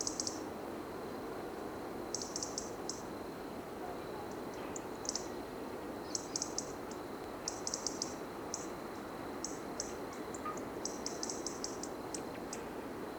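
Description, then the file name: European robin calling, high thin ticking bursts in quick clusters repeated irregularly every second or two, with a constant low hiss underneath. "Erithacus rubecula"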